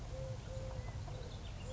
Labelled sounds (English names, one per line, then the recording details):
Eurasian Collared Dove
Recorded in Sonoma County, California